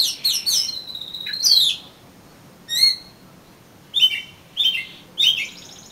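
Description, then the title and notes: Oriental magpie-robin song: a rapid cluster of high whistles, then a drawn-out note and several separated, slightly falling slurred phrases. "suara kacer. kumpulan suara burung kacer"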